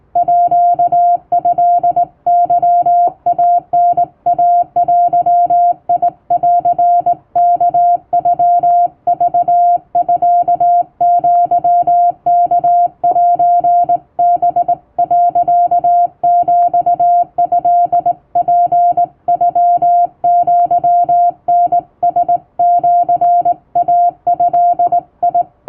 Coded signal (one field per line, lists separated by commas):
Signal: Morse code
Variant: Japanese Wabun code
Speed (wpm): 19 wpm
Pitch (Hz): 700 Hz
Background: music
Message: ートケイタイデンワノクミアワセハ、ヒトツノアタラシイド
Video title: 毎日トンツーＣＷ教室開催中！第１級無線通信士が打つ綺麗な手打ち和文モールス符号で受信練習をしよう！YouTubeの再生速度を自分の速度に調整して聴いてみよう(morse code practice)